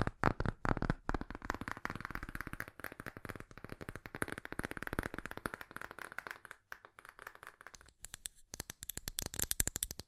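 Fast tapping runs through the whole ten seconds as a dense stream of sharp, crisp clicks, at times so quick they nearly blur together. The pace slips briefly around the seventh second, then picks back up, and the final two seconds sound brighter and snappier.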